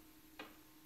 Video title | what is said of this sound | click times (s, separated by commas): The IBM Proprinter Story | snaps in place now | 0.4 s